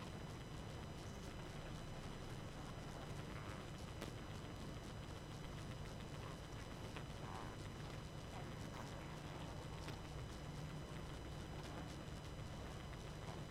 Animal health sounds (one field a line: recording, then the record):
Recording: honeybee colony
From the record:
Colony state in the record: active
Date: 12 June 2018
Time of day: 22:28